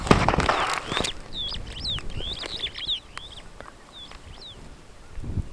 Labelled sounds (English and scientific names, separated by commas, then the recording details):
Superb Starling (Lamprotornis superbus) flight call
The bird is a male
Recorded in Kenya on 12 June 2010
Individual 90, of group SRB1